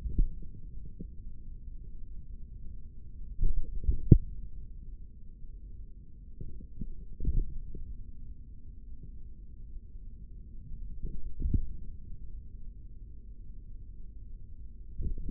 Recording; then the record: forearm muscle sounds (acoustic myography)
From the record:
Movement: finger pinch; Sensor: system 3, bracelet of six PUI Audio POM-2738L microphones around the upper forearm, with dedicated amplification and filtering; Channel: 5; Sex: male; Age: 56 years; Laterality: right